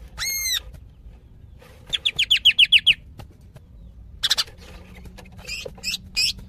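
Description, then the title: Greater green leafbird: an arched nasal note, then a rapid run of about eight even chirps, followed by a harsh burst and scattered high notes. Female calling to a male, described as very vocal. "CUCAK IJO BETINA GACOR HIPER MEMANGGIL JANTAN"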